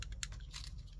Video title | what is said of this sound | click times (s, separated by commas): Tuto faire fonctionner lumière du volant Multifonction Golf VW | nickel c'est clipsé c'est | 0.2 s